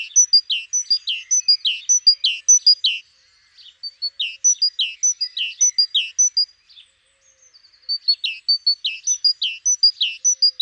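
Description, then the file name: Great tit repeating a high note and a falling slur in rapid pairs, in three bursts broken by short pauses. "Parus major"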